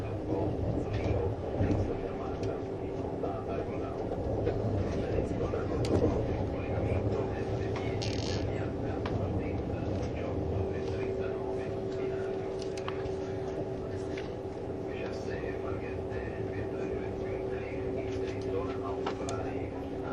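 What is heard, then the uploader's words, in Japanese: A Swiss ICN tilting train runs along the Gotthard line, its steady low rumble carrying a humming tone, with faint voices underneath. SBB線 ICN10022レ01 Lugano～(Göschenen)。スイスでは主力の車体傾斜車両であるRABDe500形ICN、その本領を発揮するゴッタルド線の列車を収録したものです。音の旅(走行音)。収録年月:2013,05。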